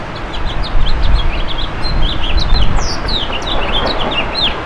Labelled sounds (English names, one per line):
House Finch song